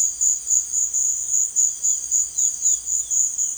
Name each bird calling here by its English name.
Chestnut-bellied Seed Finch